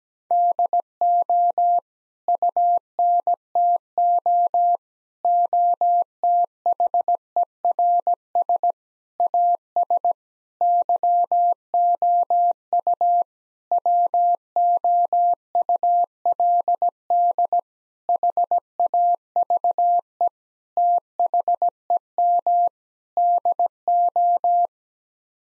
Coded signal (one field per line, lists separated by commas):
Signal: Morse code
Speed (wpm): 17 wpm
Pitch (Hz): 700 Hz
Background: none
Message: DO UNTO OTHERS AS YOU WOULD HAVE THEM DO